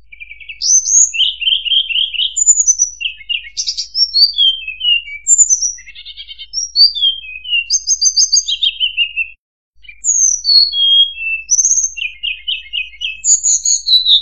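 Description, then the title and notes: Streaked spiderhunter song, fast high chirps mixed with downward whistles and short trills, almost continuous apart from one brief pause. Bird-training recording of a bird singing actively, clearly and at length. "Pijantung Gunung Gacor Jernih Panjang. Masteran burung"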